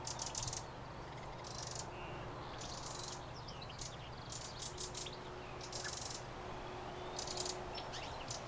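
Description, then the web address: Eurasian wren calls: several harsh rattles, repeated throughout amid constant low hum and hiss. "pub SETE data Troglodytes troglodytes"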